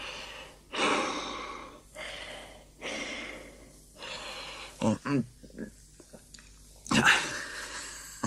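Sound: gasping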